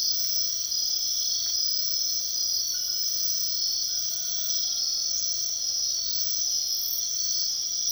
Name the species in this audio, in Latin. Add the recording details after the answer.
none. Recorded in secondary vegetation near Puerto Asís, Putumayo, Colombia, on 19 February 2024 at 04:30. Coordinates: 0.500, -76.326. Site G6428